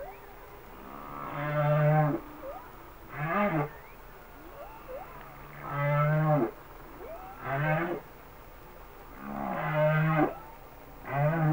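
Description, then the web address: Humpback whale song: repeated phrases of deep grunting pulses paired with falling harmonic moans, recurring roughly every four seconds. "Whale Songs Sounds of Nature - Humpback Whales"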